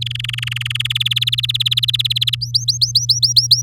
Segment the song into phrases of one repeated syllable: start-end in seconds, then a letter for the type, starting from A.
0.01-0.87 A, 0.90-2.35 B, 2.41-3.62 C